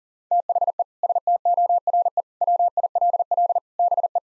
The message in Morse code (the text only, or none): THE STORE WILL BE